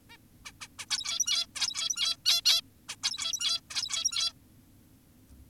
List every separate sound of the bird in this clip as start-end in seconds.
0.10-0.17, 0.45-0.52, 0.61-0.68, 0.79-0.86, 0.90-1.46, 1.56-2.16, 2.26-2.42, 2.45-2.62, 2.89-2.96, 3.03-3.61, 3.70-4.33